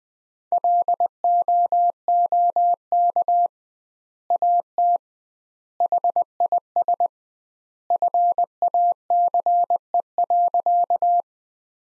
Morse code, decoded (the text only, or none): LOOK AT HIS FACE.